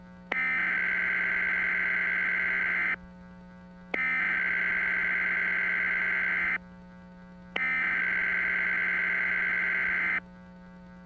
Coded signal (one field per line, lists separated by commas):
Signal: Emergency Alert System (SAME) tones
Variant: header bursts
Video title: The Day After Tomorrow (EAS Scenario)